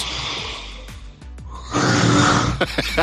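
Quiet, rough breathing with a few short sliding squeaks, then a loud, harsh rattling snore lasting almost a second, followed by choppy snorts. An adult snoring beside another person; the snore is unusually loud and coarse, with a fluttering quality that sounds barely human.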